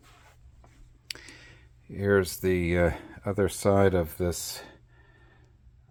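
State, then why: Seated. A rotating bookshelf is swung into a standard door latch mounted on one side, and the strike comes in with a sharp click at 1.1 s as the latch catches. The latch locks the bookshelf in place, and then someone talks.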